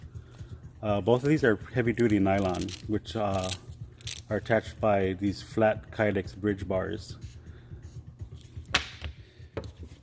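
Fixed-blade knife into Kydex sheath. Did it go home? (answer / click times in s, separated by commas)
yes / 8.8 s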